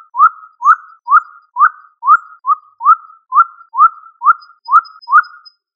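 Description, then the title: Pigeon giving repeated rising whistled notes, about two per second for nearly six seconds, with a faint high thin tone near the end. "Columbidae Pomba"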